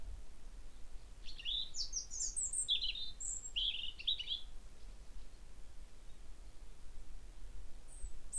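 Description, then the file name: European robin song: a run of thin, high, varied warbling phrases, some rising and some falling, over about three seconds, then a faint final note; steady low rumble beneath. "Erithacus rubecula"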